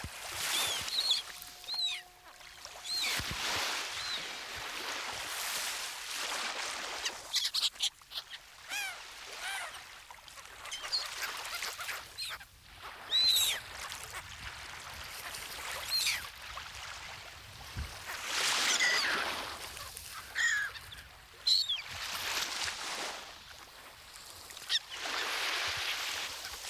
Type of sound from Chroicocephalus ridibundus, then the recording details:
call. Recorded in the wild. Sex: group. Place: Heringsdorf, Insel Usedom, Mecklenburg-Vorpommern, DE. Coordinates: 53.9569, 14.1542. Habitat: Baltic Sea, beach. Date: 1983-09-18 17:37. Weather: sunny, 17°C. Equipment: Nagra SN, Sennheiser MKH 416 T, Kopie Uher 4000 Report Monitor. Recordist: Tembrock, Günter